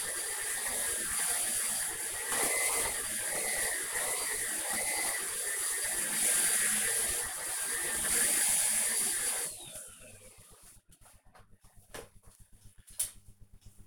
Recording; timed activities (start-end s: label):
household activities, microphone on the right wrist
0.00-10.44 s: vacuum cleaning